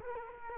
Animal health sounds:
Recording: mosquito wingbeat signal from an infrared sensor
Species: Culex quinquefasciatus

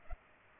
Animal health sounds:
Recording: mosquito wingbeat signal from an infrared sensor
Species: Culex pipiens

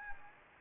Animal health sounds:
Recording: mosquito wingbeat signal from an infrared sensor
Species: Anopheles gambiae

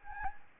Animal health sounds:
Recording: mosquito wingbeat signal from an infrared sensor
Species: Anopheles gambiae

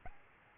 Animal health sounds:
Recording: mosquito wingbeat signal from an infrared sensor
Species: Aedes albopictus

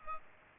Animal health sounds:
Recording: mosquito wingbeat signal from an infrared sensor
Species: Aedes aegypti

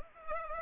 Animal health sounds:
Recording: mosquito wingbeat signal from an infrared sensor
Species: Culex pipiens

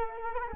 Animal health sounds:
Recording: mosquito wingbeat signal from an infrared sensor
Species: Culex quinquefasciatus

